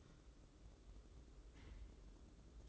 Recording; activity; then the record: daily activity, microphone in the room; take from stove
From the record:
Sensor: 3